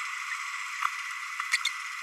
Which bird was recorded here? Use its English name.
Green-rumped Parrotlet